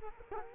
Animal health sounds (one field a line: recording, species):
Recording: mosquito wingbeat signal from an infrared sensor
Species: Culex quinquefasciatus